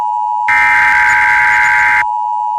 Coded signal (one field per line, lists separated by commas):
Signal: Emergency Alert System (SAME) tones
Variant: header bursts